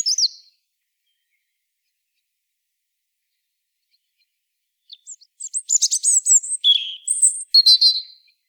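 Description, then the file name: European robin: the end of one song phrase, a long silence, then a rich phrase of rapid thin high whistles and trills. "Erithacus rubecula"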